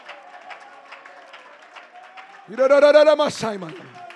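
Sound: audience clapping hands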